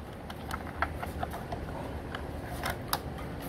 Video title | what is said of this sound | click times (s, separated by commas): Type VII Final | and then the magnetic linkages simply snap into place | 0.8 s, 2.9 s